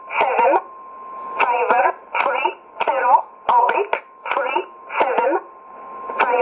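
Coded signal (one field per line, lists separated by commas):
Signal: numbers station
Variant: E11 Oblique, English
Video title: 05 04 2017 Numbers station E11 Oblique in English to Eu 0902 on 9399 in USB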